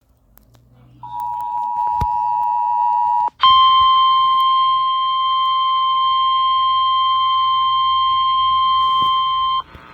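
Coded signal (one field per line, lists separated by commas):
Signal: Emergency Alert System (SAME) tones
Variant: 853 and 960 Hz attention tone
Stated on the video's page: Evacuation immediate alert SAME tones for Tulsa, Oklahoma.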